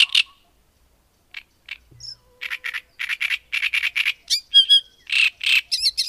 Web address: Madardalok Nádirigó